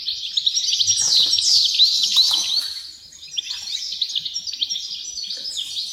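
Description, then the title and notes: Wren chorus of bright, high-pitched reeling trills and chirps, densely overlapping, easing briefly midway before resuming in scattered notes. Dozens of wrens in the backyard of a home in Dover, southern Tasmania. "Nature Sounds Tasmania - Dover Wrens. The sounds of dozens of wrens in the backyard of a home in Dover, southern Tasmania"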